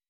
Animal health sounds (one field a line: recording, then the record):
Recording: hydrophone in a shrimp aquaculture tank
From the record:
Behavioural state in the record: weakened